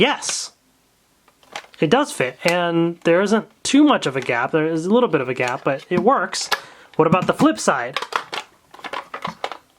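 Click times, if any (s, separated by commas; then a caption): none. Someone talks while a toy morpher is turned to its flip side and inserted into another brand's plastic belt buckle, with a few faint taps around 1.3–1.6 s. Sharper plastic knocks follow between about 8.4 and 9.5 s as it is pushed in. The morpher does not click into place, and nothing has seated or clicked yet.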